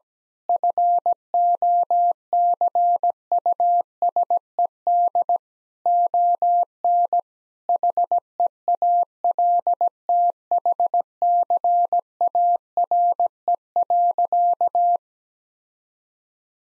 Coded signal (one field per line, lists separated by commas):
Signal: Morse code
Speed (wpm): 17 wpm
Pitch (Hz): 700 Hz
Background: none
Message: FOCUSED ON HEALTHCARE.